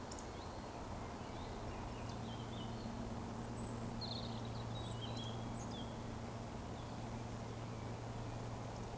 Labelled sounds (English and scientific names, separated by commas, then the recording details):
Eurasian Woodcock (Scolopax rusticola) whistle
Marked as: whistle, whistle, whistle
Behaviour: display flight
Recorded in Baden-Württemberg, Germany, on 11 June 2020 at 19:40 UTC
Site 14569, 102 m above sea level